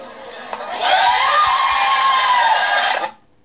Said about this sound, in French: Voilà, et l'enthousiasme de la foule à la fin. Voilà, c'était enregistré sur le vif.